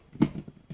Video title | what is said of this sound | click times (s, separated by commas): Back at the bench. | it there it goes and we are locked and locked and loaded | 0.2 s